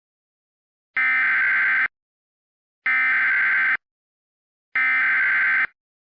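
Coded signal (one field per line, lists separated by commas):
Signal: Emergency Alert System (SAME) tones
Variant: header bursts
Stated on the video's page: Mock EAS activation styled as Xfinity/Comcast; based on a real event with made-up details.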